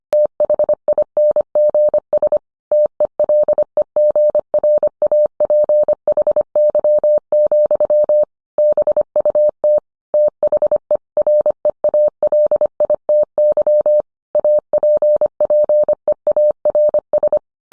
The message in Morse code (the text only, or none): THINGS TELEGRAPHY, BUT THE REALITY APPEARS